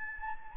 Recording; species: mosquito wingbeat signal from an infrared sensor; Anopheles gambiae